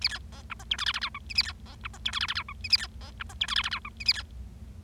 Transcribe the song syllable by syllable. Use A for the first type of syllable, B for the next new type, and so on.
A B C D E F G H H I J K A B C D E F G H H I J K A B C D E F G H H I J K A B